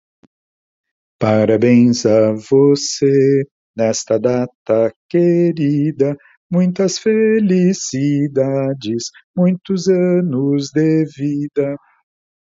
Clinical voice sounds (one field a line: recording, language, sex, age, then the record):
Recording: short text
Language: Brazilian Portuguese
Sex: male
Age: 50 to 59 years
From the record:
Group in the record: control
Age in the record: 58 years